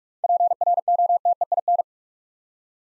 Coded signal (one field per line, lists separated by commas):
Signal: Morse code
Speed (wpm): 44 wpm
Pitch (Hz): 700 Hz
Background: none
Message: PROTEIN